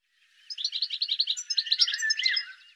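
Bird song: a single continuous phrase of quick high chirps running for about two seconds, ending in varied twittering notes.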